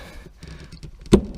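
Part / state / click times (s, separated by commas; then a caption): fuel line quick-connector onto fuel pump sender unit outlet / seated / 1.1 s. A quick-fit fuel line connector with its clips fitted is pushed back onto the outlet of the in-tank fuel pump/sender unit of a Land Rover Discovery TD5, with faint handling rustles and small ticks first. Two clicks follow in quick succession at 1.1 s and 1.1 s, the second much louder, and the connector seats fully on the pump.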